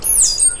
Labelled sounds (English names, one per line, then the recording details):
Stitchbird song
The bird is a male
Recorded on Tiritiri Matangi Island, New Zealand, in 2005
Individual 12, of nest box 16